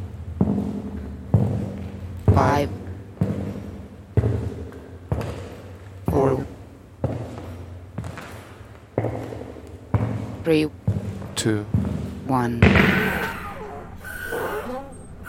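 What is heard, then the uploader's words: Footsteps on a walk through the ruins of Vukovar land as heavy thuds about once a second, each one ringing briefly before fading. Steps quicken and crowd together after ten seconds, ending in a brighter scraping crunch, over a low steady hum. By Christophe Rault A short walk among the ruins of Vukovar, Croatia, where the writings on the walls till tell war stories. Une ville marquée par la guerre, comme en témoignent les divers graffitis et inscriptions lus à voix haute.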